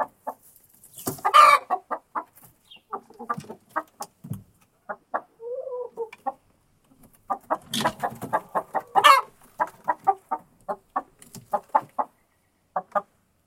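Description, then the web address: Chicken clucking, short clucks in loose runs with a few louder squawking bursts and a brief soft whine midway. Hen in a henhouse. "monde des sons poule dans le poulailler"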